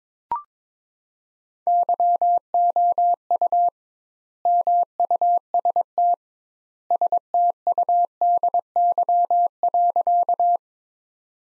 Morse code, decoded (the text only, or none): YOU MUST STUDY.